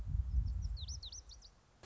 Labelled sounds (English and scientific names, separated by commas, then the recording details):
Lazuli Bunting (Passerina amoena)
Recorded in Sonoma County, California